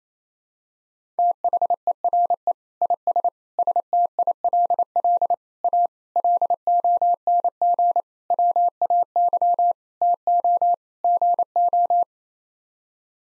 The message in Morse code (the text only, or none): THERE IS STILL A LONG WAY TO GO